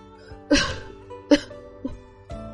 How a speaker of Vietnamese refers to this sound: Trong bóng tối lại vang lên tiếng ho khan, sau đó là giọng nói mang theo ý cười, một cười tự giễu.